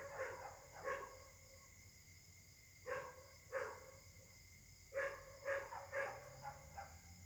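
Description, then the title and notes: A dog gives loud single and double barks with short pauses in between, over a faint steady high tone. Dogs barking together at night in Caltex, Trois-Mares, Réunion; recorded on a Samsung Galaxy S8 smartphone whose left microphone tends to be clogged. "Caltex, 3 mares, Réunion. La nuit s'annonce difficile pour les habitants: concert de chiens"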